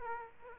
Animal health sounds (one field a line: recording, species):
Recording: mosquito wingbeat signal from an infrared sensor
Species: Aedes aegypti